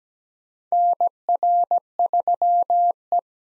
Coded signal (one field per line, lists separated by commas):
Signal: Morse code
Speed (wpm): 17 wpm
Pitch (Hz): 700 Hz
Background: none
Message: NR3E